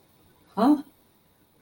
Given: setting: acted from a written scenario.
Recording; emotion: vocal sound without words; confusion